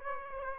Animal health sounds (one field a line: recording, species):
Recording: mosquito wingbeat signal from an infrared sensor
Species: Aedes aegypti